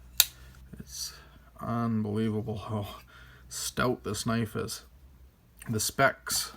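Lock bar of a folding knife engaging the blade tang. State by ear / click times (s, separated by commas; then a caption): seated / 0.2 s. The angled steel lock bar of a large Cold Steel 4-Max folding knife hooks into the blade tang and snaps into place with a loud, sharp click at 0.2 s, followed by a couple of faint ticks. The lock is seated, and someone then talks about how stout the knife is.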